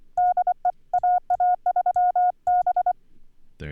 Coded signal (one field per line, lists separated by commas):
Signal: Morse code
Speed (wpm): 25 wpm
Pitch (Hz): 720 Hz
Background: none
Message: DE AA3B